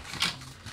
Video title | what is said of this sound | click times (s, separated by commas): やっと来たぜ！！PeakDesignの最新アイテム！！トラベルカーボン三脚のご紹介／#203 | 本当にパチンとなったなんというか本当にコンパクトなので | 0.2 s